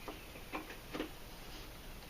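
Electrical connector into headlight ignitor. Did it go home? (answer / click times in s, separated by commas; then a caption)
no / none. An electrical connector is pushed onto the headlight ignitor of a 2002 Audi S4 while the headlight unit lies upside down on a towel. Only faint, brief handling ticks are heard, near 0.1, 0.55 and 1.0 seconds, over a quiet background. Nothing has seated or clicked yet.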